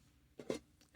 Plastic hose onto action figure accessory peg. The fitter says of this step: it doesn't just slide off it has to actually Peg and click into place